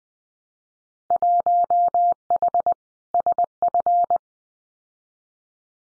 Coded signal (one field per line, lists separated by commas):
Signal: Morse code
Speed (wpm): 20 wpm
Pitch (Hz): 700 Hz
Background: none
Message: 1H SF